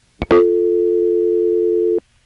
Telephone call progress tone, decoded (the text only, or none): dial tone